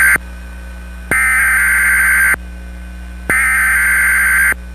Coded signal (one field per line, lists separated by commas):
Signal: Emergency Alert System (SAME) tones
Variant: header bursts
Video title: eas flood warning issued for MO.